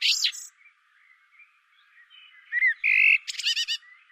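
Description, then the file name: Common blackbird giving a high squeaky twitter, then quiet soft warbling, a clear flute-like whistle and a final run of shrill rapid notes. "Turdus merula"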